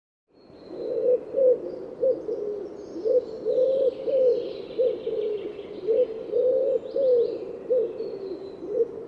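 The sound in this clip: Bird giving repeated low, husky coos in short rhythmic bursts, phrase after phrase, with constant hiss beneath and faint higher sounds.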